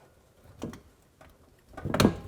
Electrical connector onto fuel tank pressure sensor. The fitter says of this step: Make sure it locks in place. That's good.